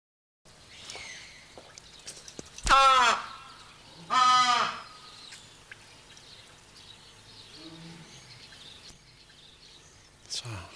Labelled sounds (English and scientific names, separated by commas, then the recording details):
Southern Rockhopper Penguin (Eudyptes chrysocome) call
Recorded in captivity
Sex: pair
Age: adult
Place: Tierpark Berlin, Berlin, DE
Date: 1983-03-19 11:00
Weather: bedeckt, leichter Regen, ca. 10°C
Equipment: Nagra SN, Sennheiser MKH 416 T, Kopie Uher 4000 Report Monitor
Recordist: Tembrock, Günter
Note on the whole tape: Männchen: Rufe (gut!!!). Weibchen: rhythmische Folge